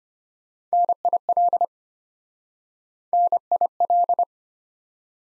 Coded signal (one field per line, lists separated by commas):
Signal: Morse code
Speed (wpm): 32 wpm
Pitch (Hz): 700 Hz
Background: none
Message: NIL N I L